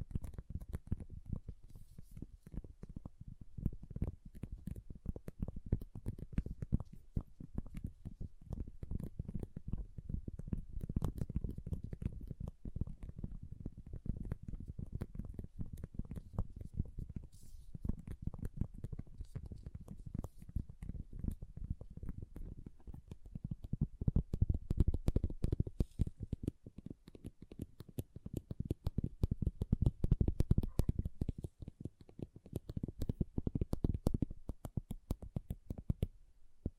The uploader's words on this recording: ASMR Relaxing Pixel Art Beads ( No Talking).